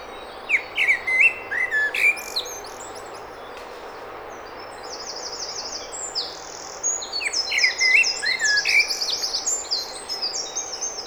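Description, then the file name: Common blackbird song: whistled phrases near the start and again near the end, with busy high twittering and buzzy trills. "Turdus merula"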